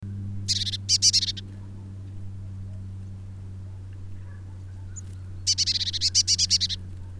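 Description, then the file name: Eurasian blue tit calls: a short rattling burst of high notes, then a longer churring series about five seconds later, above a constant low drone. "Cyanistes caeruleus"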